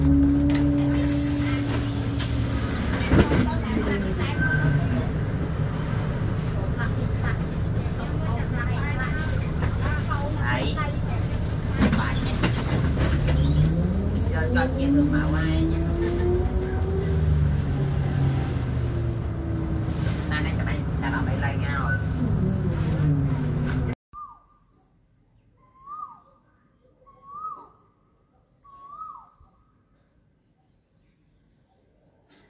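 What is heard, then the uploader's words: Bangkok city street sound: heavy, steady traffic rumble for about twenty-four seconds, with engines rising and falling in pitch as vehicles pass and scattered clatter on top. It then cuts to near silence broken by four short, evenly spaced beeps. Sound in Bangkok.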